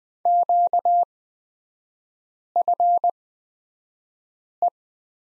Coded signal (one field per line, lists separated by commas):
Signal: Morse code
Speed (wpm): 20 wpm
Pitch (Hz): 700 Hz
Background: none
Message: QFE